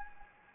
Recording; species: mosquito wingbeat signal from an infrared sensor; Anopheles gambiae